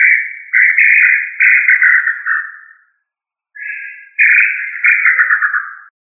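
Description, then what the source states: Quail giving drawn-out slurred whistles, two long phrases split by a silent gap, each wavering and trilling slightly as it falls at the end. Labelled family Tinamidae; local name puyuh.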